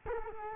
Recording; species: mosquito wingbeat signal from an infrared sensor; Culex quinquefasciatus